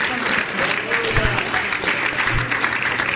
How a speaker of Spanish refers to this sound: Dele fuerte esas palmas al Señor.